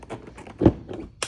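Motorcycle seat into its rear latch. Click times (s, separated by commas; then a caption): 1.2 s. A 2025 Tiger Sport 660 motorcycle seat, lined up at the front, is pressed down at the rear so its spike engages the seat latch. A dull thump sounds around 0.7 s, followed by a small, sharp click at 1.2 s. The seat is locked in.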